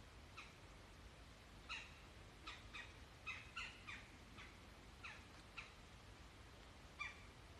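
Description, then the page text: Red-bellied woodpecker calls: short harsh, squawky notes, given singly and in quick pairs, over a steady low background hiss. Recorded in Maryland. "Maryland Biodiversity. Red-bellied Woodpecker ( Melanerpes carolinus )"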